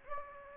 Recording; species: mosquito wingbeat signal from an infrared sensor; Anopheles gambiae